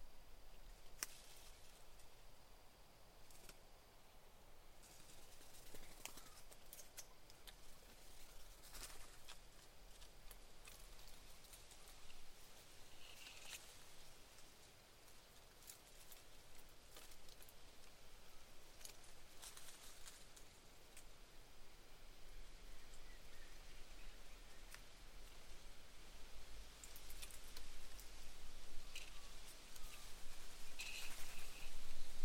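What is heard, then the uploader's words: Wind moves steadily through eucalyptus leaves, a soft continuous rustle with a low rumble underneath. Scattered bird calls break in as short bright chirps every few seconds, and the chatter grows busier and slightly louder toward the end. (Autumn) Quiet Morning In The Mallee Woodland. A subtle, cool morning in a small pocket of Mallee woodland surrounded by saltbush desert near Lake Mungo. Mungo National Park, NSW, Australia.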